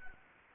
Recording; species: mosquito wingbeat signal from an infrared sensor; Anopheles gambiae